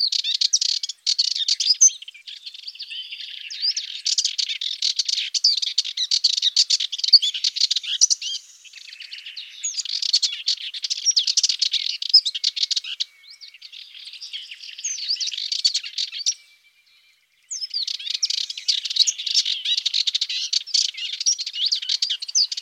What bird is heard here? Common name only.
Subalpine Warbler